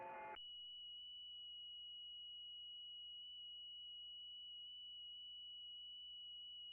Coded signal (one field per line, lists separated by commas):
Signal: FT8